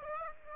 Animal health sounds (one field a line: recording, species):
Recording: mosquito wingbeat signal from an infrared sensor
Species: Aedes aegypti